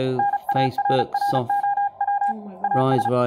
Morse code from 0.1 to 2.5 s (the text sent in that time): NARROW